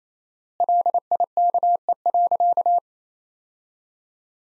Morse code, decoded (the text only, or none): LIKE.